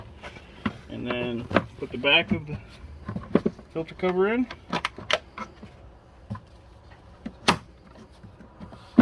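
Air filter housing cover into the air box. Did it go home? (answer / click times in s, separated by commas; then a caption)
no / none. On a 2012 Dodge Caravan 3.6 VVT, the back of the plastic air filter box cover is being set into its slots on the air box, with plastic knocks and taps as it is handled while someone talks. Nothing has seated or clicked yet.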